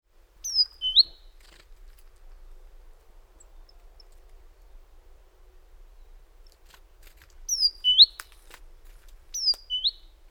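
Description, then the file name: Great tit calls in short bursts of sharp, descending chirps near the start and again in two groups toward the end, with quiet gaps between. "Parus major"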